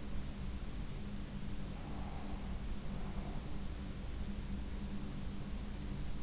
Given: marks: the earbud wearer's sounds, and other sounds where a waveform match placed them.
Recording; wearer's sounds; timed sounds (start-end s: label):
sounds in sleep by an in-ear microphone; breath
1.69-3.66 s: breath